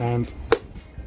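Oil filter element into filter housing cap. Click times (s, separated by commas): 0.5 s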